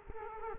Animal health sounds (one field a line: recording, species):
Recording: mosquito wingbeat signal from an infrared sensor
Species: Culex quinquefasciatus